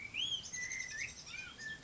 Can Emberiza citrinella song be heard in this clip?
no